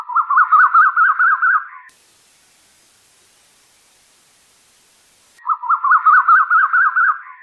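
Bird repeating a quick chattering phrase of about two seconds, followed by several seconds of silence and another identical phrase.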